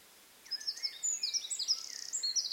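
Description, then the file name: Eurasian wren song: a rapid run of sharp high notes and short trills, shrill and energetic, starting after half a second and continuing to the end. "Troglodytes troglodytes"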